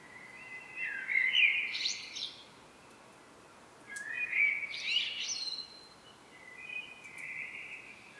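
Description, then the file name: Common blackbird song: two full phrases, each a low fluted warble climbing into a squeaky twitter, with a softer third phrase near the end. "Turdus merula"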